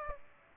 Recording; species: mosquito wingbeat signal from an infrared sensor; Aedes aegypti